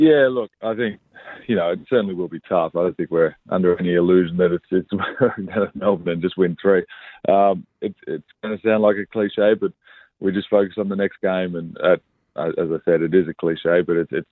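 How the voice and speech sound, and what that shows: An adult man speaks fluently in a relaxed interview, with a clear, ordinary voice and natural pauses.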